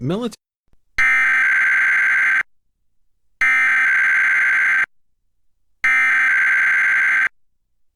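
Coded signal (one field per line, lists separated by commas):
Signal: Emergency Alert System (SAME) tones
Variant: header bursts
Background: speech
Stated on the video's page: Required weekly test EAS tones relayed by a Portland television subchannel, captured from a digital tuner recording.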